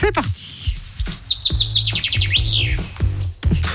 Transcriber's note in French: Sons d'oiseaux